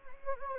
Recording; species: mosquito wingbeat signal from an infrared sensor; Anopheles gambiae